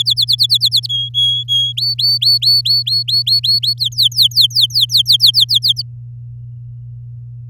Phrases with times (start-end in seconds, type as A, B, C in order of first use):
0.00-0.86 A, 0.89-1.73 B, 1.77-3.73 C, 3.78-5.82 D